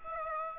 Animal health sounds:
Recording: mosquito wingbeat signal from an infrared sensor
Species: Aedes aegypti

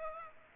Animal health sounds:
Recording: mosquito wingbeat signal from an infrared sensor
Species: Aedes aegypti

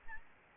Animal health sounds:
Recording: mosquito wingbeat signal from an infrared sensor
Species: Aedes albopictus

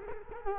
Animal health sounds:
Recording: mosquito wingbeat signal from an infrared sensor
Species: Culex quinquefasciatus

